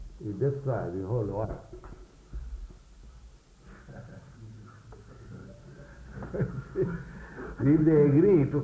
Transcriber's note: laughs